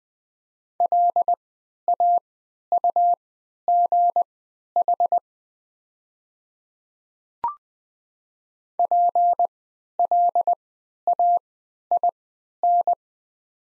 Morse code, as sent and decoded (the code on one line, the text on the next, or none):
.-.. .- ..- --. .... / .--. .-.. .- .. -.
LAUGH PLAIN